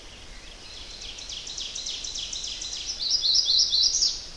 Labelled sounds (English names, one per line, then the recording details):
Ovenbird song
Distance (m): 55 m
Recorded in boreal forest in Alberta, Canada, on 10 June 2016 at 07:44
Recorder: SongMeter 3, array SBT-3-39
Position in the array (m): 325 m, 145 m
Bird 19